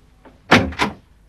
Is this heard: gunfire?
no